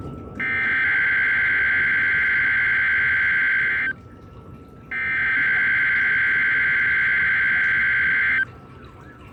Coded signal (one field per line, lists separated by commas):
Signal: Emergency Alert System (SAME) tones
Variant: header bursts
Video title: EAS/NWR Alert or message #881: Required Weekly Test #3